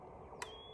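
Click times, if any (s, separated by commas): 0.4 s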